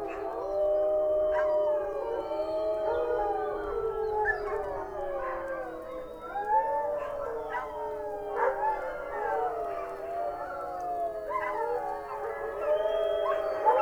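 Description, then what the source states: Wolf: wolves howling together, many long overlapping wavering howls at different pitches, some rising and falling, with short yelping notes breaking through now and then. Several wolves howling.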